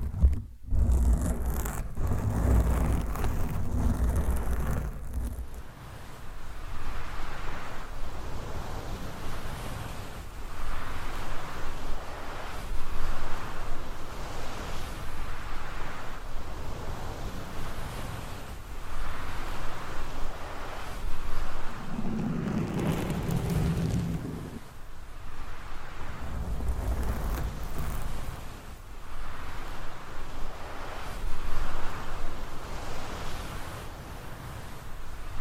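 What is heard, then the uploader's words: Mic scratching with nails and mic covers makes a dense, rough rustling that rises and falls in slow swells every few seconds, like surf. Brief thumps and clicks mark the opening seconds, and a deeper rumbling scrape stands out around the twenty-two second mark. ASMR Mic Scratching Battle with 10 DIFFERENT MICS , Mic Covers & Nails No Talking.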